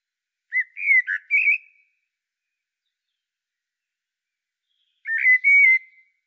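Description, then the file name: Common blackbird: two short bursts of clear whistled and slurred notes at mid-high pitch, the second after a silence of about three seconds, on a quiet background. "Turdus merula"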